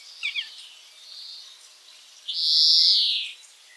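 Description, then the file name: European greenfinch: a couple of quick chirps, a faint buzz, then one loud, long, nasal wheeze. "Chloris chloris"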